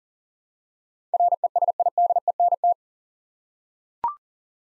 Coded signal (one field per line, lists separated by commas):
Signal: Morse code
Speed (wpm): 39 wpm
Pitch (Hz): 700 Hz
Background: none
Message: RESIDENT